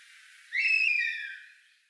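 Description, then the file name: Crested honey buzzard call: one drawn-out, ringing whistle that stays steady before drooping and trailing off, heard against a quiet, faintly hissing background. "Osoed hohlatyj"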